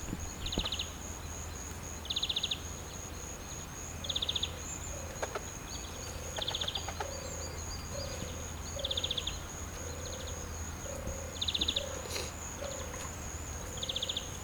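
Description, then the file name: European greenfinch calling, brief rapid pulsed buzzes repeated every few seconds, over a series of low even notes and constant faint hiss. "Chloris chloris"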